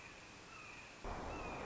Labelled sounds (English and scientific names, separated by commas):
Red-shouldered Hawk (Buteo lineatus)